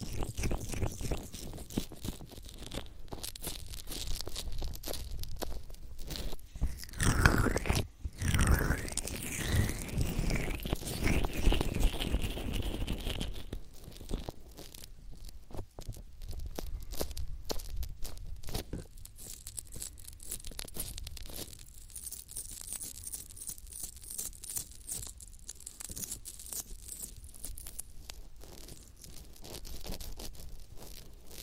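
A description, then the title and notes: Lotion rubbed over the ears makes dense, wet crackling and squishing that runs without a break. Around seconds 7 to 13 the rubbing grows louder and fuller, with smeared sliding tones. Afterwards it settles into quieter, finer crackles with a faint high hiss. Lotion ear massage.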